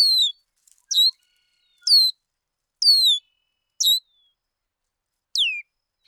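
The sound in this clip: Bird song of short, high downslurred chirps repeated roughly once a second, six notes with a longer pause before the last, lower-ending one.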